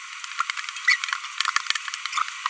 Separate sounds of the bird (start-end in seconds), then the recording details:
0.88-0.96. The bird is a female. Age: 23 days. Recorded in a nest box in Venezuela. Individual 17B42B2